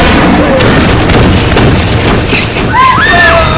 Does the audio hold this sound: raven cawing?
no